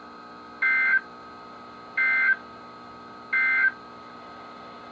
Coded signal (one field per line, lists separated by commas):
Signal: Emergency Alert System (SAME) tones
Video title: EAS #1104-#1120: IT BEGINS | KHB36, WXM42, WNG736, & KEC83